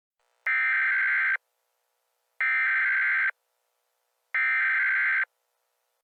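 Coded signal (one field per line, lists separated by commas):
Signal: Emergency Alert System (SAME) tones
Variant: header bursts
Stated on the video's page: Fictional EAS scenario made for entertainment, not a real event.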